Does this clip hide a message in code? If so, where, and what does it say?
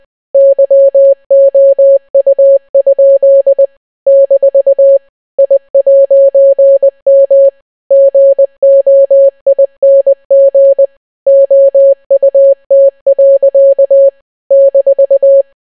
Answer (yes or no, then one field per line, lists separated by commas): yes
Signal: Morse code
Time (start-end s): 0.3-15.4 s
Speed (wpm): 20 wpm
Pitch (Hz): 550 Hz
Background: none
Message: YOU? - I'M GOING OUT. -